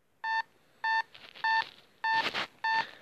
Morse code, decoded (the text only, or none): none